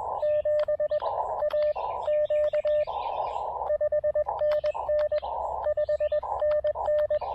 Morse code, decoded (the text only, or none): 7AQ 5NN 5NN